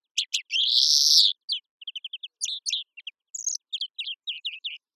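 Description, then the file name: European greenfinch calls and twitters: a long buzzy wheeze, then rapid series of short chirps and trills in quick succession, high-pitched and uneven. "Chloris chloris"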